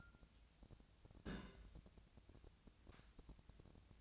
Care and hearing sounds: daily activity, microphone in the room; place on stove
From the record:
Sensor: 2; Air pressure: 999.8 hPa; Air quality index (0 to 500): 121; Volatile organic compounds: 2 ppm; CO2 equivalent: 1042 ppm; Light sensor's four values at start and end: 34/85/37/42 and 34/85/37/42

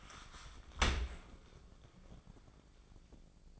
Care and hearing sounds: daily activity, microphone in the room; open dishwasher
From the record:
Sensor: 5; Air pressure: 1012.4 hPa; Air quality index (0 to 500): 161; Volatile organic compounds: 2 ppm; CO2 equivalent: 1097 ppm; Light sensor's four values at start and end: 133/319/136/151 and 134/320/136/151

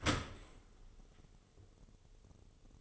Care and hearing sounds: daily activity, microphone in the room; open dishwasher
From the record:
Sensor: 4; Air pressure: 1015.8 hPa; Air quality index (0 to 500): 103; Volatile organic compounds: 2 ppm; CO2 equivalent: 1159 ppm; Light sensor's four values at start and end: 8/18/7/7 and 8/18/7/7

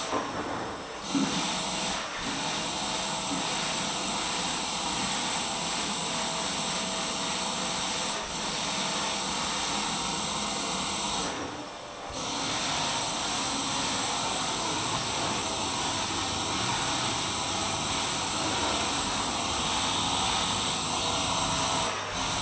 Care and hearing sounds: daily activity, microphone in the room; vacuum cleaning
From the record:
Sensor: 1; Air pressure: 994.4 hPa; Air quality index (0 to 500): 217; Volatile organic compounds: 1000 ppm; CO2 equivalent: 7749 ppm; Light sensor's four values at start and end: 49/109/49/52 and 40/90/39/42

